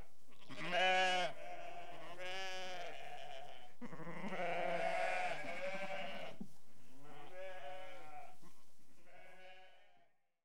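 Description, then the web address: Sheep bleating in several wavering calls, fading away at the end. Restless sheep. "BBC Sound Effects Library BBC Animals and Birds Sheep Restless"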